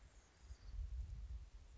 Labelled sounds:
Anna's Hummingbird
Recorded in Sonoma County, California

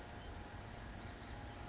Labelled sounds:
Blue-gray Gnatcatcher
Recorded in Sonoma County, California

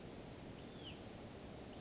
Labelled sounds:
Hutton's Vireo
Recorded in Sonoma County, California

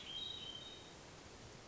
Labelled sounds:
Hermit Thrush
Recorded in Sonoma County, California

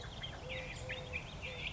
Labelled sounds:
Eurasian Collared Dove
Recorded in Sonoma County, California

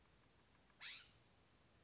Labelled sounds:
California Scrub-Jay
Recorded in Sonoma County, California

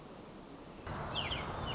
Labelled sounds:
American Robin
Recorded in Sonoma County, California

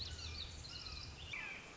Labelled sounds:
Red-shouldered Hawk
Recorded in Sonoma County, California

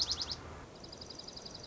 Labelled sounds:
Dark-eyed Junco
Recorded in Sonoma County, California

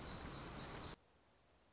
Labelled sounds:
Black-throated Gray Warbler
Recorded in Sonoma County, California

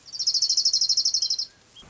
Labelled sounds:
Orange-crowned Warbler
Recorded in Sonoma County, California

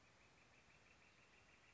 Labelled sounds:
Northern Flicker
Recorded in Sonoma County, California

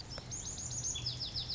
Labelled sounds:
Lazuli Bunting
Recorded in Sonoma County, California

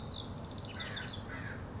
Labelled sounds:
House Wren
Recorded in Sonoma County, California

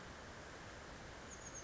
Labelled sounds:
Chestnut-backed Chickadee
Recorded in Sonoma County, California

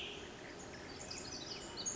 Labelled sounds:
Pacific Wren
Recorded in Sonoma County, California

